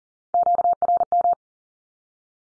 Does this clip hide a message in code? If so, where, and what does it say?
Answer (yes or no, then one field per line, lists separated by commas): yes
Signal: Morse code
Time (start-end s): 0.3-1.3 s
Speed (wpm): 40 wpm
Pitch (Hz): 700 Hz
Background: none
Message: QRM